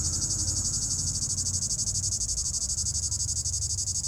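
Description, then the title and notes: Cicada buzzing in rapid even pulses, high-pitched and continuous, over a faint low background hum. In an apple tree at the top of the Côte de Groisin, Chindrieux, France; 32°; Zoom H4n Pro, preamp level 100. "3029 Rte d'Aix, 73310 Chindrieux, France - cigale. Cigale dans un pommier au sommet de la côte de groisin, il fait 32°"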